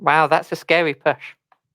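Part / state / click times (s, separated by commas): plastic Lego part into a Lego model assembly / not seated / none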